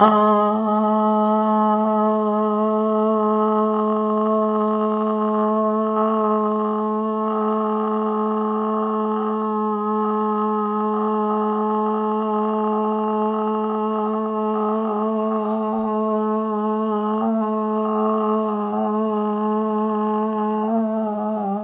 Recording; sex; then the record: sustained vowel /a/; female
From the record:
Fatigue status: fatigue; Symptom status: symptomatic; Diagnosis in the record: COVID-19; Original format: 3gp